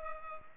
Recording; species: mosquito wingbeat signal from an infrared sensor; Culex pipiens